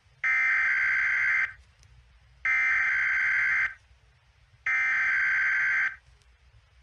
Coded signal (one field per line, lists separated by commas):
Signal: Emergency Alert System (SAME) tones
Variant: header bursts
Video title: EAS ALARMS OF AMERICAN COUNTRIES